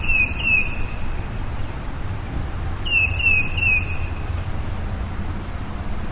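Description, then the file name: Tufted titmouse whistling two short phrases of two to three down-slurred notes, about three seconds apart, over strong low rumbling background noise. "baeolophus bicolor"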